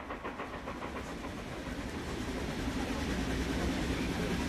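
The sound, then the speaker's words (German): A narrow-gauge steam train travelling from Wernigerode up to the Brocken summit rumbles steadily, whistling and puffing out great plumes of steam, with rhythmic chuffing puffs that blur into a continuous, fairly loud clatter. No voices. “In Wernigerode bestiegen wir die Schmalspurbahn, die sich via 3 Anhone auf den Weg zum Gipfel machte. Pfeifend und schnaufend und unablässig mächtige Dampffahnen speiend, als stünde Mephisto vorm Feuerloch.”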